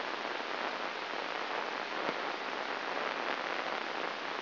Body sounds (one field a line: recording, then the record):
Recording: brain microelectrode recording played as sound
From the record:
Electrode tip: inside the subthalamic nucleus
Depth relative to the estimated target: 2 mm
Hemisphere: right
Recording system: AlphaMap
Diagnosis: Parkinson's disease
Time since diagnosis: 7 years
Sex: female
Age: 49 years